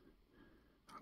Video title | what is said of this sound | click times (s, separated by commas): Η Dashcam που ΌΛΟΙ ΠΡΕΠΕΙ να Έχουν! FitcamX Εγκατάσταση, Δοκιμή & Σύγκριση με Garmin | Ακούστηκε το κλικ. Έχει κουμπώσει. | 0.9 s